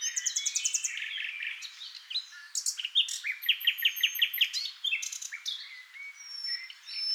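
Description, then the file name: Common nightingale song: rapid repeated high notes, a fast run of loud chirps and a few long thin whistles. "NIGHTINGALE MIX"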